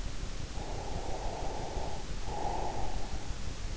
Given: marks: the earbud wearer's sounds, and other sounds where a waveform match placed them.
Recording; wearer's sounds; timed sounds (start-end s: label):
sounds in sleep by an in-ear microphone; breath
0.20-3.06 s: breath